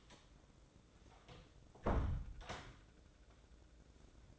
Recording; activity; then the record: daily activity, microphone in the room; close door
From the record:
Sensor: 3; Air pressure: 1012.3 hPa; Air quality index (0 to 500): 181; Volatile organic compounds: 3 ppm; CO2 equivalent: 1382 ppm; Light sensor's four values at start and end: 533/1324/547/560 and 537/1335/551/565